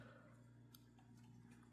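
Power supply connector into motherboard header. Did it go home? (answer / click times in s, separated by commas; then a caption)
yes / 0.8 s. A power supply connector is pushed into the motherboard header over a steady low hum. A single sharp, faint click at 0.8 s marks the connector clicking home and seating.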